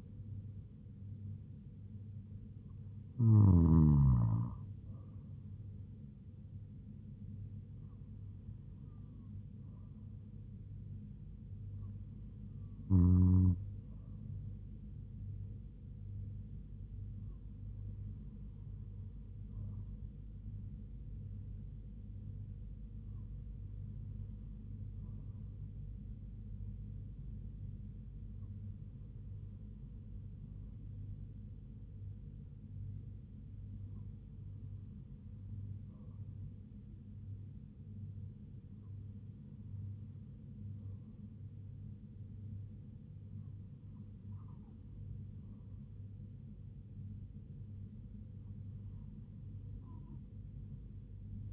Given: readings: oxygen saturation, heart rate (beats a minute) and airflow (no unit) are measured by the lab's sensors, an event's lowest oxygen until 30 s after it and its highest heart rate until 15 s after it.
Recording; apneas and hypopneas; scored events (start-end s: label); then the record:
breathing in sleep by a smartphone at the bedside; none
none scored
From the record:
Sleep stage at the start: N2 (light sleep); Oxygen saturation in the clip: 96 to 97%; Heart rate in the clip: 72 to 76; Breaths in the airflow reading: 10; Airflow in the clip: -3.7 to 4.4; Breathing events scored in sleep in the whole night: 158 in 7.3 hours asleep